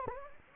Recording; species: mosquito wingbeat signal from an infrared sensor; Anopheles gambiae